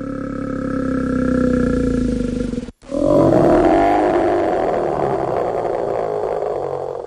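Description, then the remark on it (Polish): A bear growls loudly in deep, rumbling roars, one long stretch, a brief pause, then a rougher, grinding growl that carries on steadily. No one speaks. “tym różnią się dzisiaj wszystkie dzikie zwierzęta, w szczególności niedźwiedzie, że nie muszą przechodzić kwarantanny.”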